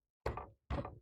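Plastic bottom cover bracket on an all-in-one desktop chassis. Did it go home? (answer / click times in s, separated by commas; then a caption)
no / none. Someone bangs the plastic bottom cover of a Lenovo AIO 510 23ISH all-in-one desktop chassis to try to snap its bracket into place. Two dull knocking thuds are heard, starting at about 0.3 s and 0.7 s. The bracket has not clicked in.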